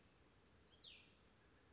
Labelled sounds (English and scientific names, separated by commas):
Cassin's Vireo (Vireo cassinii)